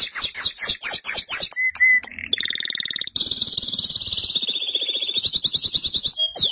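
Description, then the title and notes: Canary singing a quick run of high descending notes, a brief low whistle, then an extended rolling trill that wavers slightly in pitch. "BM Suara Kenari. BM Suara Burung Kenari"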